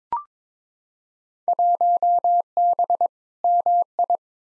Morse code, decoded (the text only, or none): 1B MI